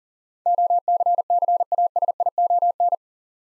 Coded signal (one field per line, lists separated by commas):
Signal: Morse code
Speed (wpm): 38 wpm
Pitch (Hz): 700 Hz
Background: none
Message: OCCASION